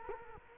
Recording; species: mosquito wingbeat signal from an infrared sensor; Culex quinquefasciatus